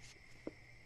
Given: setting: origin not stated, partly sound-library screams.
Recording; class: one-second piece from a danger detection set; normal situation